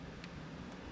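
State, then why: Seated. A screw is turned backwards in the plastic differential cover of a TRX4m RC crawler until its thread drops into the existing thread, so it engages that thread instead of cutting a new one. Over a steady, broad background hum, a small, sharp click is heard at 0.2 s. The screw is seated in the existing thread.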